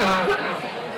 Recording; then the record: coughing mixed with background sound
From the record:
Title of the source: Barking cough - # 10